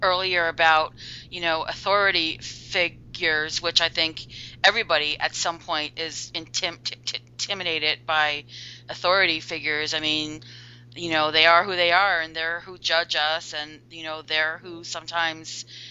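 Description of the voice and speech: An adult speaks conversationally at a steady, moderate pitch and normal rate, with frequent 'you know' fillers and one brief restart on a word. Articulation and voice are clear, making this ordinary fluent speech. A faint steady hum sits in the background.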